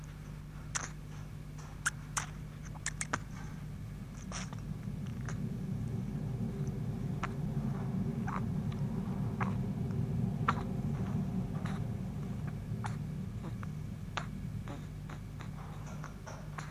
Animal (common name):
Chimpanzee